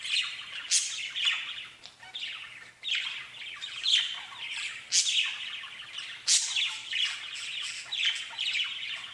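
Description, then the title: Budgerigars warbling busily, a dense rasping twitter broken by loud, piercing chirps at irregular intervals. "Budgie Sounds"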